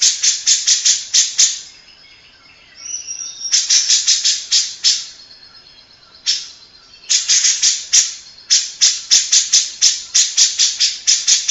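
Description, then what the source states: Grey-cheeked bulbul chattering in fast rasping bursts, broken by pauses where soft thin whistled notes are heard, then resuming in long rattling runs. Long-duration master song used to train birds.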